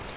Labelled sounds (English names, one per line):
Grace's Warbler flight call